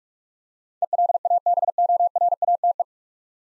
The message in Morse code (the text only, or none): ELABORATE